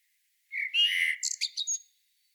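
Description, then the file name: Common blackbird singing one short phrase: a low fluted whistle, then a rapid high chattering flourish. "Turdus merula"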